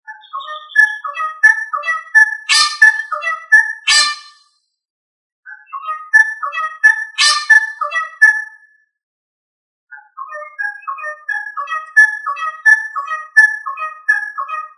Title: manok ostrali